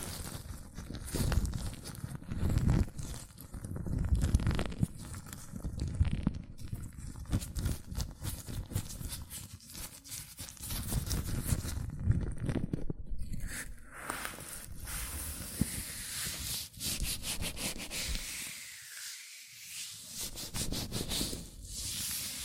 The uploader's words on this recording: ASMR Latex Gloves Hand Sounds (No Talking).